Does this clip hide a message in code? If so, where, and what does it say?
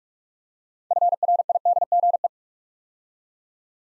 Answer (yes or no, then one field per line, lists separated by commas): yes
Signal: Morse code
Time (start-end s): 0.9-2.3 s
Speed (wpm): 44 wpm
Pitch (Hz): 700 Hz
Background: none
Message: FRIDGE